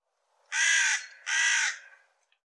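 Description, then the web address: Bird calling with two loud, grating caws back to back, each about half a second long. "cianscape birddata Deverinetal Bird"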